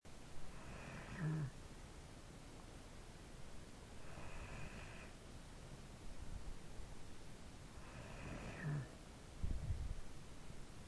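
An adult snoring in sleep: three rough, fluttering breath sounds repeat about every 3.5 seconds, roughly 17 breaths a minute, with quiet stretches in between. The soft tissues of the upper airway vibrate as air passes during sleep.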